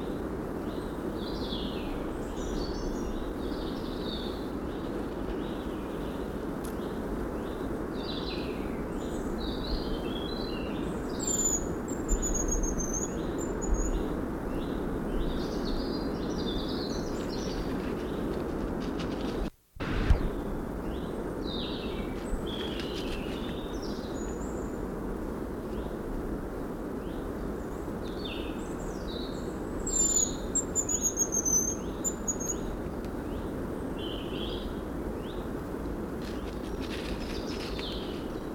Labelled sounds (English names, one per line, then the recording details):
Hazel Grouse call
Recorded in the wild
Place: Bicaz, Moldova, RO
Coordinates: 46.91, 26.085
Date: 1973-04-21
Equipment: Nagra III BH, Sennheiser MD 21, parabola
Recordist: Schubert, Michael